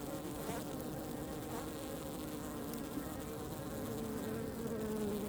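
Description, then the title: Honey bees buzzing as a swarm, a dense steady hum with individual wingbeat tones sliding and overlapping throughout. Swarm forming on tree heath, late afternoon, 20 February 2017, Plaine des Maures, Var, France; soft humming; microphones placed near the bees; recorded on Nagra Seven with MKH8040. "Essaim d'abeilles"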